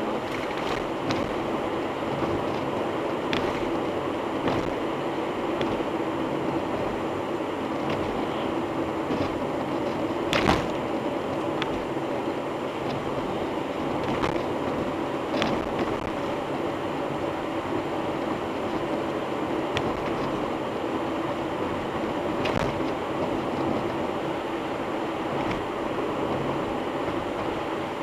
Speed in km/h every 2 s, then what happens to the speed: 105, 104, 104, 99, 96, 96, 95, 95, 98, 99, 98, 99, 99, 98.
0-10 slows to 96. 10-28 steady at about 98.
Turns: none.